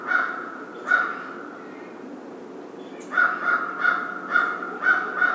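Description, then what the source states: American crow caws, two spaced calls, a quiet gap, then a quick run of six harsh caws; a faint high thin note is heard too. 1 February 2010.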